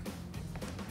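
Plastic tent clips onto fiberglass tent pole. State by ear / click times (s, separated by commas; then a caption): not seated / none. Two plastic clips on the fabric of an officially licensed Jeep truck bed tent for a Jeep Gladiator JT are being pressed onto the shock-corded fiberglass pole at the center buckle, over background music while someone talks. Brief handling knocks come through, with a sharp hit at 0.6 s. Nothing has seated or clicked yet when the clip ends.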